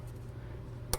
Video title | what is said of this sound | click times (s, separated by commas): Quick and Easy way to install valve locks on your honda head | assembly see like that just pops right in | 0.9 s